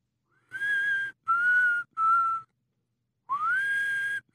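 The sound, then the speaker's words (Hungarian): A man softly whistles a simple nursery-rhyme melody: three steady notes stepping slightly downward, a short pause, then a note that slides upward and holds, clear and alone. “Hogy is van a dallama? Halkan fütyülni kezdte.”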